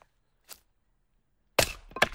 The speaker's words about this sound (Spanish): El hacha golpeando la leña.